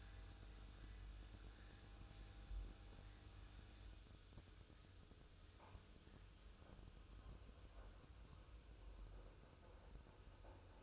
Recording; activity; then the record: daily activity, microphone in the room; make coffee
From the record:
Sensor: 2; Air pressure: 994.8 hPa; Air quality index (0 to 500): 54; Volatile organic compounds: 1 ppm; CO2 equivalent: 880 ppm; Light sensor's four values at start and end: 14/49/19/18 and 14/49/19/18